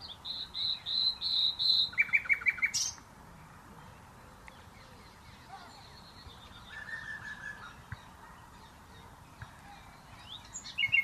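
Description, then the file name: Common nightingale singing: a series of high repeated notes drops into a fast, loud trill. A quiet gap follows, then a soft phrase and a brief note at the end. "Luscinia megarhynchos"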